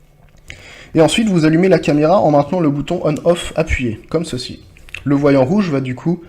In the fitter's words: vous entendez un petit clic donc ça signifie que la carte est bien inséré et